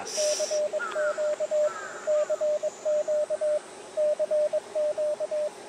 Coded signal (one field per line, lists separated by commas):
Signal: Morse code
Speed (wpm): 24 wpm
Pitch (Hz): 600 Hz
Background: none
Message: CQ CQ CQ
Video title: 秋の気配？ CQ POTA 公園から初心者CW 移動運用 18WPM まだまだ暑い 日中コンディション回復？ JA-1229 砧公園 2023/09/10 アマチュア無線 VLOG 319